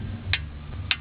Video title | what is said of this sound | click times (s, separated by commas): How to Change Nissan Frontier CV-Axle shaft. | So once you get that click, do not push the wrench anymore. | 0.3 s, 0.9 s